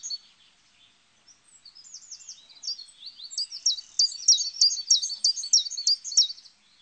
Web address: chants Pouillot veloce